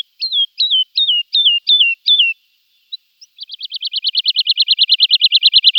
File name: Javoronok lesnoy